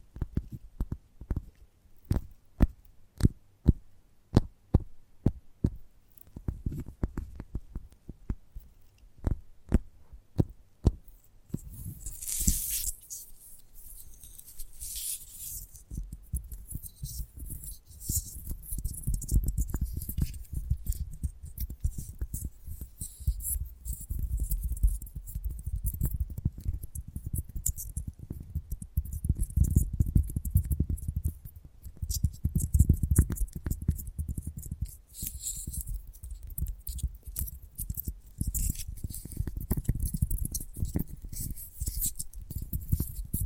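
Gentle tapping opens with crisp, evenly spaced taps, about one or two per second, for the first eleven seconds. After that the sound turns into a dense, low, muffled rustling and thumping, broken by brief bright scratchy swishes at a few points.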